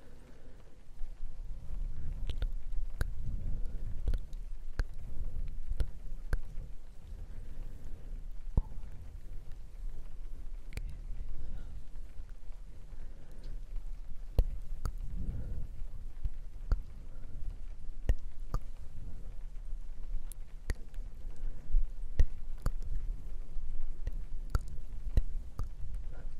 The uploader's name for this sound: ear to ear Mic Brushing and Breathy Whispers with Rain Sounds